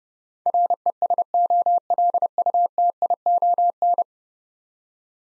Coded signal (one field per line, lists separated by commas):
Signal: Morse code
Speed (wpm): 30 wpm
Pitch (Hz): 700 Hz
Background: none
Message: RESOLUTION